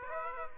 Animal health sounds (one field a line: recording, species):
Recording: mosquito wingbeat signal from an infrared sensor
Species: Aedes aegypti